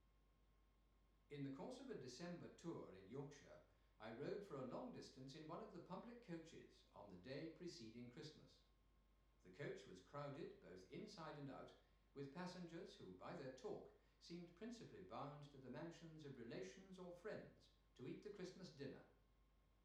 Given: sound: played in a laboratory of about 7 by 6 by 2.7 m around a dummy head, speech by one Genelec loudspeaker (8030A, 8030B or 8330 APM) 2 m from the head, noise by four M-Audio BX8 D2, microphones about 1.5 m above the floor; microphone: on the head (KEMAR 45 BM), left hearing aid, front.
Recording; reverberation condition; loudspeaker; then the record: male speech in English; medium; behind (180 degrees)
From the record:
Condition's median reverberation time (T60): about 510 ms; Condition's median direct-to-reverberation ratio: about -0.5 dB